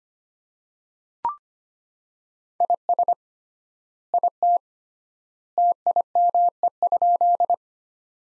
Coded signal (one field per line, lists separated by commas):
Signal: Morse code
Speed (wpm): 25 wpm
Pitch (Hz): 700 Hz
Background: none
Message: IS IT TIME?